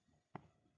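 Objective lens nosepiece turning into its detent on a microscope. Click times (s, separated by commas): 0.4 s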